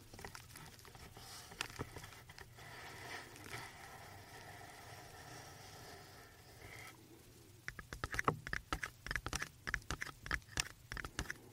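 Touching and tapping close to the microphone: soft rubbing and scratching for the first seven seconds, with a few sharp taps near 1.5 and 2.5 seconds. After a short pause near 7 seconds, quick crisp taps come in irregular bursts, louder and brighter, through to the end.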